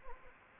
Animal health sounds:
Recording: mosquito wingbeat signal from an infrared sensor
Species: Anopheles gambiae

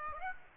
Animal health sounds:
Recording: mosquito wingbeat signal from an infrared sensor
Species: Aedes aegypti

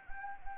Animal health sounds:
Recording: mosquito wingbeat signal from an infrared sensor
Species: Anopheles arabiensis

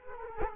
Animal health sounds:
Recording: mosquito wingbeat signal from an infrared sensor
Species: Culex quinquefasciatus

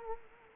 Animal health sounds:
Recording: mosquito wingbeat signal from an infrared sensor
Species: Culex quinquefasciatus

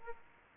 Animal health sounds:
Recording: mosquito wingbeat signal from an infrared sensor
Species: Aedes aegypti

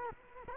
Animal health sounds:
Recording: mosquito wingbeat signal from an infrared sensor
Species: Culex quinquefasciatus

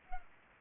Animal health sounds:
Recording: mosquito wingbeat signal from an infrared sensor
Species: Culex pipiens

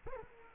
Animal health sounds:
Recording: mosquito wingbeat signal from an infrared sensor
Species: Culex quinquefasciatus

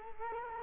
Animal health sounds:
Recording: mosquito wingbeat signal from an infrared sensor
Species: Culex quinquefasciatus

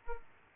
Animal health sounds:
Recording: mosquito wingbeat signal from an infrared sensor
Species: Aedes aegypti

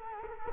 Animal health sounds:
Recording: mosquito wingbeat signal from an infrared sensor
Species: Culex quinquefasciatus

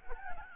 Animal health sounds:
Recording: mosquito wingbeat signal from an infrared sensor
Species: Aedes albopictus

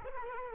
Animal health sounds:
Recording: mosquito wingbeat signal from an infrared sensor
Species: Culex quinquefasciatus

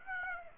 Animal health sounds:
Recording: mosquito wingbeat signal from an infrared sensor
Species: Aedes aegypti

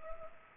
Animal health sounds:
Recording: mosquito wingbeat signal from an infrared sensor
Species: Culex pipiens

